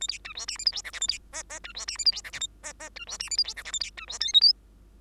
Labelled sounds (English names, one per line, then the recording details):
Bengalese Finch song
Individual Bird2